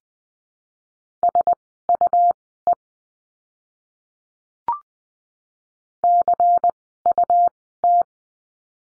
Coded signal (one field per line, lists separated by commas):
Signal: Morse code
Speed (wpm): 20 wpm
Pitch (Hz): 700 Hz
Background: none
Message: SUE CUT